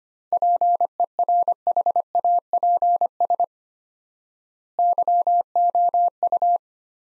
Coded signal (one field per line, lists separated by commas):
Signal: Morse code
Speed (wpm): 25 wpm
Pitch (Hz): 700 Hz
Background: none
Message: PERHAPS YOU